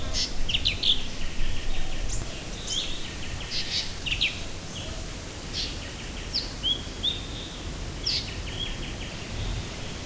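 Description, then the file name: Blue-winged leafbird calls: a busy run of sharp, high chirps and short whistled notes, given in quick irregular bursts over a low rumbling background. "cucak ranti-blue winged leafbird-chloropsis-cochinchinensis"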